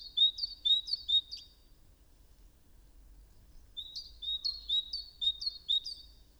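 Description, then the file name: Great tit song of bright two-note phrases repeated in quick succession, given in two bursts with a silent pause between them. "Parus major"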